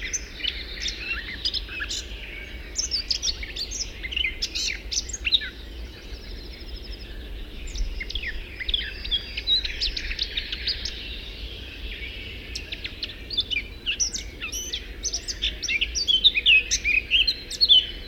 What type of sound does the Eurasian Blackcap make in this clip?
song